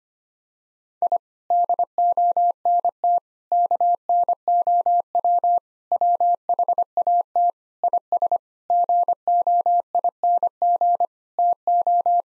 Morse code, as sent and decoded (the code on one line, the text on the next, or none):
.. / -.. --- -. - / -.- -. --- .-- / .-- .... .- - / .. ... / --. --- .. -. --. / - ---
I DONT KNOW WHAT IS GOING TO